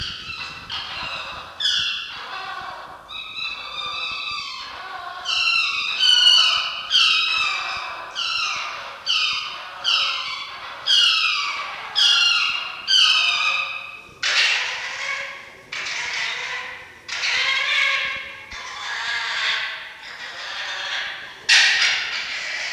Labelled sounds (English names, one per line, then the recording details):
Red Fox
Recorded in captivity
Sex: male
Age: adult
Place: Zoologisches Institut der HUB, Berlin, DE
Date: 1952-11-21 18:00
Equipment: Elmetra
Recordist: Tembrock, Günter